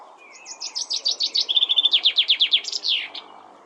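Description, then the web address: Common chaffinch song: a rapid, bright run of notes in a few stepped series, ending with an emphatic flourish. "Deverinetal"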